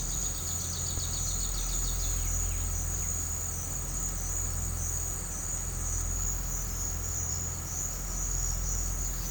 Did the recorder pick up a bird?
yes